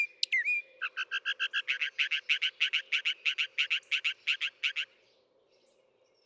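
Northern mockingbird song: a sharp whistled note, then a quick series of rattling, buzzy notes repeated about four times a second for about four seconds.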